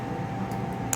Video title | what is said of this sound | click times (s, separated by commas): TUTORIAL MERAKIT FACE SHIELD KEMENKES RI | Hai Sampai bunyi klik | 0.9 s